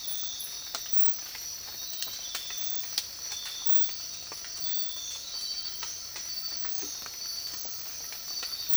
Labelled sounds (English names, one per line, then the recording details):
none
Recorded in dense forest near Puerto Asís, Putumayo, Colombia, on 19 March 2025 at 05:30
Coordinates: 0.503, -76.323
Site GP09